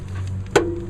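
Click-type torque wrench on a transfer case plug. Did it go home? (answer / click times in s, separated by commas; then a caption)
yes / 0.6 s. A click-type torque wrench set to 15 ft-lbs is pushed on the lower transfer case plug of a Jeep Commander until it breaks over. Two faint taps at 0.3 and 0.5 s come before a sharp metallic click at 0.6 s with a short ringing tone after it. The wrench clicks at its setting, and the plug is torqued.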